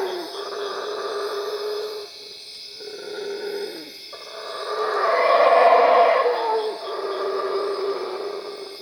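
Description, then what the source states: Howler monkey with rough moaning howls broken by pauses, then a powerful swelling roar and further howling, over persistent insect drone.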